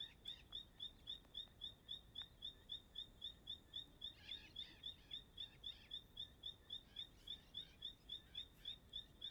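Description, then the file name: Bird song: a high, cricket-like chirp repeated steadily nearly four times a second, with a soft background hiss. Singing at dusk in Chapada dos Veadeiros park; song described as sounding like a cricket. "Entardecer no Parque da Chapada dos Veadeiros com passaro cantando como um grilo"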